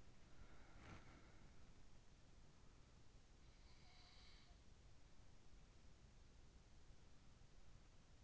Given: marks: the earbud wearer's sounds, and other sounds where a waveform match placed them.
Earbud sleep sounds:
sounds in sleep by an in-ear microphone; body movement
0.04-1.59 s: body movement
3.53-6.12 s: sound from someone else or the room

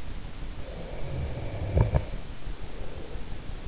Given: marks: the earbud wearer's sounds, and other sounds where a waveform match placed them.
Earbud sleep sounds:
sounds in sleep by an in-ear microphone; snoring breath
0.42-3.41 s: snoring breath

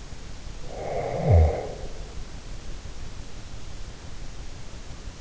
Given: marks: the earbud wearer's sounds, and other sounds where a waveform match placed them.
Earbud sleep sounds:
sounds in sleep by an in-ear microphone; snoring breath
0.63-2.03 s: snoring breath

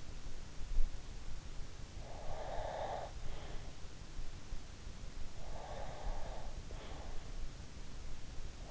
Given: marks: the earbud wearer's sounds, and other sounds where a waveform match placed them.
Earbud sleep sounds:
sounds in sleep by an in-ear microphone; breath
1.98-3.57 s: breath
5.31-7.19 s: breath

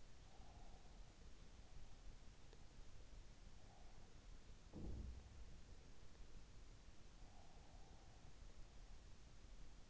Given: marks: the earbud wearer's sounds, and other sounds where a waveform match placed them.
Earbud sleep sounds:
sounds in sleep by an in-ear microphone; breath
0.00-1.23 s: breath
4.15-5.92 s: sound from someone else or the room
6.98-8.04 s: breath

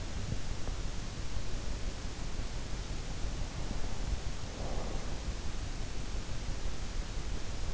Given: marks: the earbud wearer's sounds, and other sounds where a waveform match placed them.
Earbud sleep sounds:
sounds in sleep by an in-ear microphone; breath
3.33-5.22 s: breath

